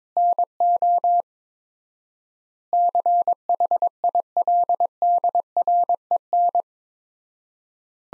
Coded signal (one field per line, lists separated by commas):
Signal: Morse code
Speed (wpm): 22 wpm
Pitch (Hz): 700 Hz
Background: none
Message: NO CHILDREN